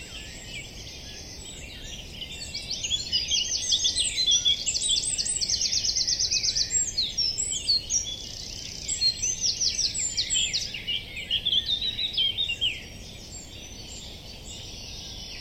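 A dawn chorus of many birds trilling and chirping densely in bright overlapping phrases, swelling mid-clip then thinning, over a low steady hum.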